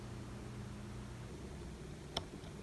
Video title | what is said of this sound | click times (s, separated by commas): ASMR Model Railroad 2024-06-12 | and then bring back the uh the rear of the locomotive and that should step snap right in there | 2.2 s